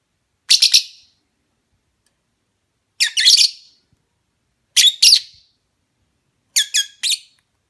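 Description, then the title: Lovebird calling in four bursts of two or three sharp, shrill chirps, repeated roughly every two seconds, with silence between them. Lovebird mating call, used as a lure. "Suara Lovebird Kawin Untuk Pancingan"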